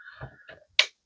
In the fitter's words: Okay, so if you heard that loud snap, which I'm pretty sure you did, we've got another clip, and that's what it is.